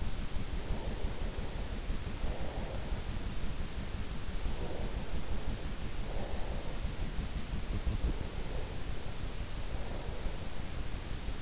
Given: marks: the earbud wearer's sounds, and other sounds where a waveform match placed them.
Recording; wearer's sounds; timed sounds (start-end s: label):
sounds in sleep by an in-ear microphone; breath
0.00-3.14 s: breath
3.99-7.37 s: breath
8.34-11.42 s: breath